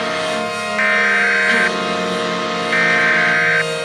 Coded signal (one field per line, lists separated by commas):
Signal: Emergency Alert System (SAME) tones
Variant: header bursts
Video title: Planet X (An EAS Scenario)